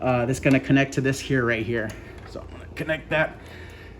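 Someone talks while holding the gray plastic water tubing from the tank up to its push-in fitting on the water unit, ready to connect it. The clip ends just before the tubing goes home, so nothing has seated or clicked yet.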